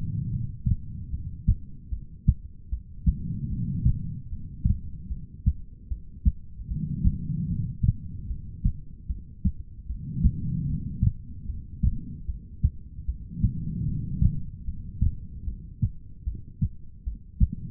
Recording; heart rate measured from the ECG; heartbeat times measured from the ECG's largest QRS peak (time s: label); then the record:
heart sounds by stethoscope; 75 bpm
0.30 s: heartbeat
1.10 s: heartbeat
1.90 s: heartbeat
2.69 s: heartbeat
3.49 s: heartbeat
4.29 s: heartbeat
5.08 s: heartbeat
5.88 s: heartbeat
6.68 s: heartbeat
7.48 s: heartbeat
8.27 s: heartbeat
9.07 s: heartbeat
9.86 s: heartbeat
10.66 s: heartbeat
11.46 s: heartbeat
12.25 s: heartbeat
13.05 s: heartbeat
13.85 s: heartbeat
14.65 s: heartbeat
15.44 s: heartbeat
16.24 s: heartbeat
17.04 s: heartbeat
From the record:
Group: heart failure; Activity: rest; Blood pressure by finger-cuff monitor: 96/66 mmHg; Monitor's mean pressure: 79 mmHg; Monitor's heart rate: 75 bpm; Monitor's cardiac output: 4.7 L/min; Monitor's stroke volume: 63 mL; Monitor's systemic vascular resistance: 1200 dyn s/cm5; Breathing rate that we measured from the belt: 17 breaths a minute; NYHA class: 2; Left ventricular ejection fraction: 58%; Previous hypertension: present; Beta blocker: bisoprolol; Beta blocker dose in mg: 5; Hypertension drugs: ramipril, spironolactone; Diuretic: furosemide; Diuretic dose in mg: 160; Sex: female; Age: 55 years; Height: 155 cm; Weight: 67 kg